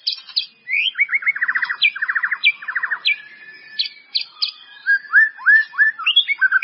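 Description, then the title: White-rumped Shama song mixing fast buzzy trills, clear whistled upslurs and downslurred notes in a varied, lively sequence. "murai batu"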